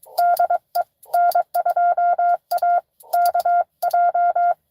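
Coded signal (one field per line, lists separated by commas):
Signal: Morse code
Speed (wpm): 23 wpm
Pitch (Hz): 700 Hz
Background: none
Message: DE N2AKJ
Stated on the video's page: Live Parks on the Air activation in CW.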